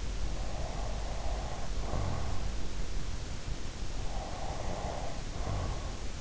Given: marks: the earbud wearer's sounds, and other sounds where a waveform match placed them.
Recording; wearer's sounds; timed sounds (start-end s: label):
sounds in sleep by an in-ear microphone; breath
0.48-2.48 s: breath
4.29-6.21 s: breath